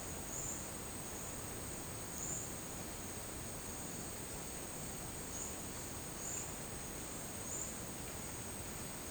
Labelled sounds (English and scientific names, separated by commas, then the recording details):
none
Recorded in dense forest near Puerto Asís, Putumayo, Colombia, on 24 March 2025 at 11:30
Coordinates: 0.481, -76.323
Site G088